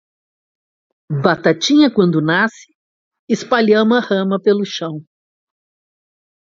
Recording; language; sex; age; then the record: short text; Brazilian Portuguese; female; 60 to 69 years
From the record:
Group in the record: control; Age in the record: 62 years